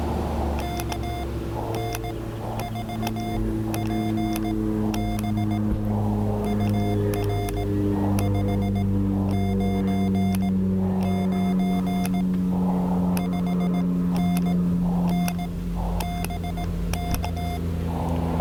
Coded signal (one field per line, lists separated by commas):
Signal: Morse code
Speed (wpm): 18 wpm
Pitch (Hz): 2100 Hz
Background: none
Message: KN4PB UR 599 5NN BK